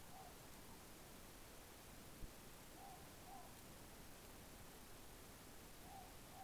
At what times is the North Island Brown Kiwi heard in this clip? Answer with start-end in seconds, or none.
none